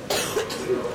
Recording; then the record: coughing mixed with background sound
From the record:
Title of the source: 30 Chesty and wet cough